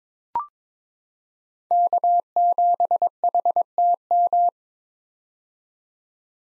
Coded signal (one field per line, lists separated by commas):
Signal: Morse code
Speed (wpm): 22 wpm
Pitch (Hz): 700 Hz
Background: none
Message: K7HTM